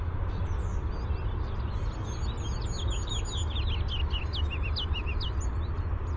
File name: RCKI song